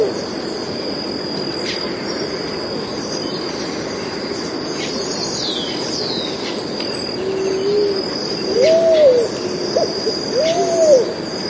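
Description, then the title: Pigeon: long stretch of hiss and faint insect and bird chirps, then a soft low note and two arched pigeon coos near the end. "Canto Da Pomba"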